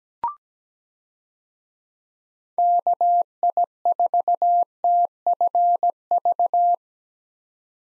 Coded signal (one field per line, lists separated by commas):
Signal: Morse code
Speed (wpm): 17 wpm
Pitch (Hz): 700 Hz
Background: none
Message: KI4TFV